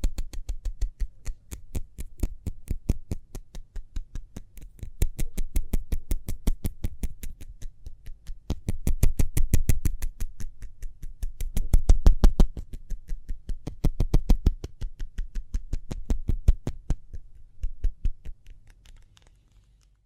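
Quick hand sounds, a rapid run of sharp taps or clicks repeating several times per second for the whole stretch. The pace stays fairly even while the loudness swells and fades in bursts, thinning out and growing quieter over the last few seconds.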